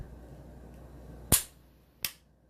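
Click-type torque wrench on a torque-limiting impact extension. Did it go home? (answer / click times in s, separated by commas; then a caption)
yes / 2.0 s. A high-precision CDI click-type torque wrench set to 65 ft-lb is pulled on a Harbor Freight Professional 65 ft-lb impact torque extension (torque stick), which deflects under the load, against a quiet background. A loud, sharp transient at about 1.3 s is followed by the wrench breaking over with a sharp metallic click at 2.1 s, confirming it reached the 65 ft-lb setting.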